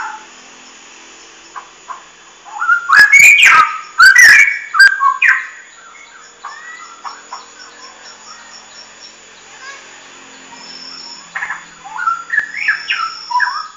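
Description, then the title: Oriental magpie-robin song: a loud burst of whistled notes with sharp clicks, then quieter scattered phrases and a rising whistled run near the end, with a faint steady high hum. "Kicau Kacer"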